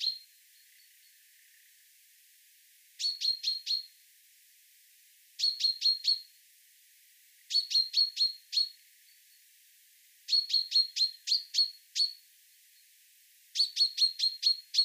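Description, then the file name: Common chaffinch calls, short bright chirps in quick bursts of several notes, repeated every few seconds, with a quiet background. "Fringilla coelebs"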